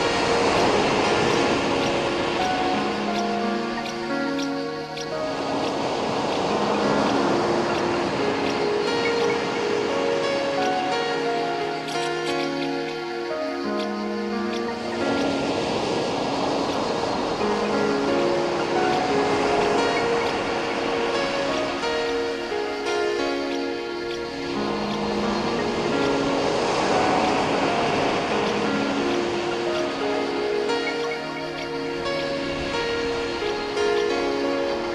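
Waves wash in and out in slow swells, the hiss rising and easing about every ten seconds. Over them, bell tones ring almost without pause at several pitches, low and middle, stepping and overlapping as each one fades.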